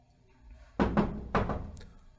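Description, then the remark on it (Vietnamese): Two heavy, resonant knocks on a wooden room door, spaced about half a second apart, followed by a faint lighter tap, with no voices. “Có tiếng gõ cửa phòng vang lên, cùng với giọng nói của tiểu nhị hóa giải sự lúng túng cho lão ăn mày ngay giờ phút này.”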